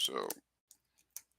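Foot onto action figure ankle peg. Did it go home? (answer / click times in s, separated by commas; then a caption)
yes / 1.2 s. Someone talks briefly, then attaches a plastic foot to an action figure's ankle peg. Two faint ticks at about 0.7 and 1.0 seconds come before a sharp click at 1.2 seconds, when the foot seats onto the ankle joint.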